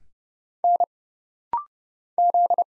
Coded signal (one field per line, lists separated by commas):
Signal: Morse code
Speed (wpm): 30 wpm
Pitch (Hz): 700 Hz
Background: none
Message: N Z